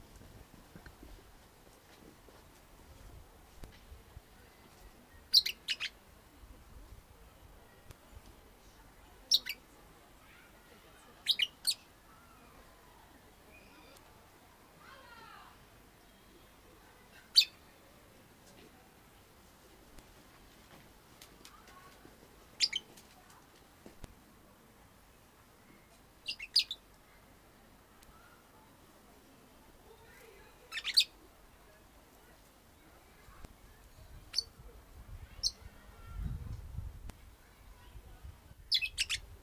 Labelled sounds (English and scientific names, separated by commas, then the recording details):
Golden-shouldered Parrot (Psephotus chrysopterygius) call
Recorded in captivity
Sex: pair
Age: adult
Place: Tiergarten Wilhelma/Stuttgart, Baden-Württemberg, DE
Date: 2002-10-05 14:20
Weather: heiter, 15°C
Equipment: Nagra SN, Kopie Uher 4000 Report Monitor
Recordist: Tembrock, Günter